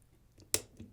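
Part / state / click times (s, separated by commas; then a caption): revolver hammer sear into the hammer's safety notch / seated / 0.5 s. The steel hammer of a single-action revolver is pulled back until the sear drops into the first notch, the safety or loading position. A sharp metallic click sounds at 0.5 s, with faint handling noises just before and a softer sound after. The hammer is seated in the safety notch.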